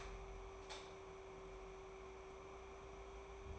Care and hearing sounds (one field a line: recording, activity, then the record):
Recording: daily activity, microphone in the room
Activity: light off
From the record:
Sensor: 1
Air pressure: 1010.3 hPa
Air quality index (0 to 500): 171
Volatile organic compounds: 12 ppm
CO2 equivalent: 2353 ppm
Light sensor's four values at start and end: 57/150/61/77 and 54/141/58/73